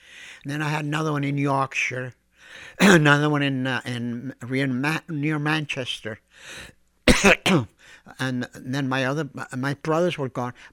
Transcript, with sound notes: Then I had another one in Yorkshire and another in - in -- near Manchester. ( he clears his throat ) And then my other, my brothers were gone.